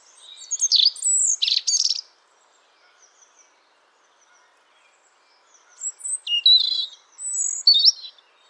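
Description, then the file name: European robin song in two separate phrases of clear high whistles and squeaky notes, with a quiet pause of several seconds between them. "Erithacus rubecula"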